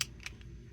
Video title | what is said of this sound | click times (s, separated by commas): Cheap, Fast and Easy Lionel Missile Launcher Repair | click it in place | 0.0 s